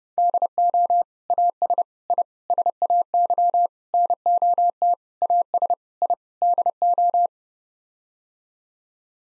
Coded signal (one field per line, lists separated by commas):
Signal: Morse code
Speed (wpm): 30 wpm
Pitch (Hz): 700 Hz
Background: none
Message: DO AS I SAY NOT AS I DO